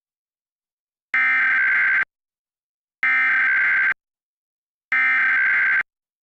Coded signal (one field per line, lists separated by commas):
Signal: Emergency Alert System (SAME) tones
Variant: header bursts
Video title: (EAS #37) (Variant #1) Optimum / Suddenlink - National Periodic Test (Parkersburg, WV) (10/4/2023)